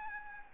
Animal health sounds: mosquito wingbeat signal from an infrared sensor; Aedes albopictus

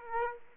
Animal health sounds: mosquito wingbeat signal from an infrared sensor; Aedes aegypti

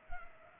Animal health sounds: mosquito wingbeat signal from an infrared sensor; Culex pipiens

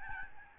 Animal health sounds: mosquito wingbeat signal from an infrared sensor; Aedes albopictus

